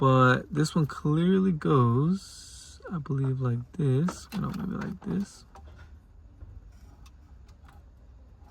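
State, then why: Not seated. Someone talks while turning a plastic USB harness connector back and forth to find the right orientation before pushing it into the wiring harness socket for a Dasaita Vivid 13 car radio for a Toyota Camry. After the talking stops, faint ticks of handling noise come at about 7.1, 7.5 and 7.7 seconds. Nothing has seated or clicked yet.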